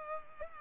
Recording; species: mosquito wingbeat signal from an infrared sensor; Culex pipiens